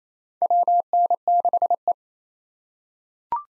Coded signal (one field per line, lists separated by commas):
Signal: Morse code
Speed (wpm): 28 wpm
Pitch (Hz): 700 Hz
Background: none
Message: WN6E